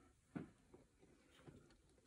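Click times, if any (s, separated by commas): none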